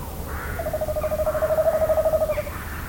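Tawny owl song, a long vibrating hoot that rises slightly in loudness as it quavers for about two seconds, heard over steady low rumbling background noise.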